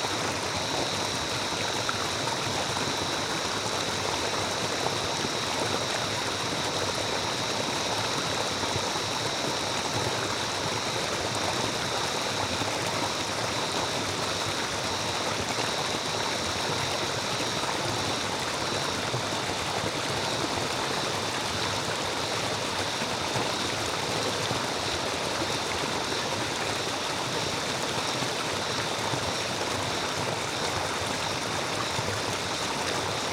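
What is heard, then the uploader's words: Rainforest ambience with a steady, dense rush of water like a stream, unchanging in loudness from start to finish. A faint, high, constant insect-like whine sits above the flow, and a low rumble underneath fills out the continuous wash. Summer Rainforest White Noise and Ambient Nature Sounds. Ambient with summer rainforest summer sounds.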